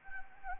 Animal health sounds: mosquito wingbeat signal from an infrared sensor; Anopheles gambiae

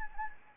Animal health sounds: mosquito wingbeat signal from an infrared sensor; Anopheles gambiae

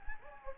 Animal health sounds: mosquito wingbeat signal from an infrared sensor; Anopheles gambiae

